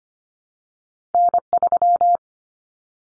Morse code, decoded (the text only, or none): N3